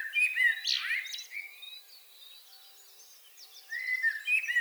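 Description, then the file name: Common blackbird song: a descending fluted phrase with a burst of high twitter, a quiet gap, then another mellow whistle, over soft background birdsong. "Turdus merula"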